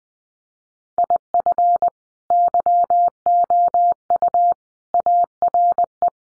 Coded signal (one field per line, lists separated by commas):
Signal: Morse code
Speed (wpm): 20 wpm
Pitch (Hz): 700 Hz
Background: none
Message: IF YOU ARE